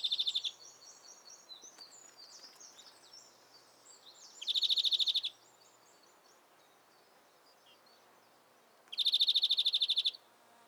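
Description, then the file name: European greenfinch giving rapid rattling trills of even buzzy notes, three bursts several seconds apart, with soft high twittering early on. "Chloris chloris"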